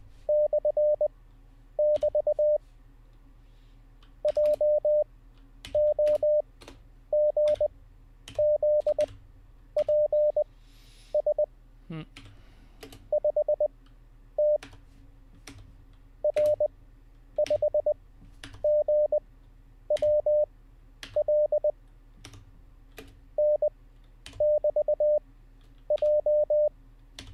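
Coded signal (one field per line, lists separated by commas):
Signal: Morse code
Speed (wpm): 20 wpm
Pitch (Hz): 600 Hz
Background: none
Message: /<BT> JOGZPS 5T R5GWL N<BT>J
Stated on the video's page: Live Morse code learning practice session.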